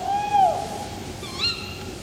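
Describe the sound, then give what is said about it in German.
An owl hoots twice at night: first a long, steady low hoot that slides downward, then a shorter, higher, rising call, both over a soft background hiss with no talking. “Obwohl es da viel zu kalt ist für Eulen.”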